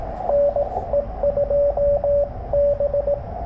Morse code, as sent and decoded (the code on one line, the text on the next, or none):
-. . ..--- -...
NE2B